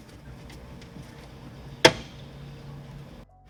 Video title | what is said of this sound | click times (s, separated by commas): BMW E91 328xi Door Lock Actuator + Windshield Washer Fluid Pump Replacement | there will be a solid click when it goes back in | 1.8 s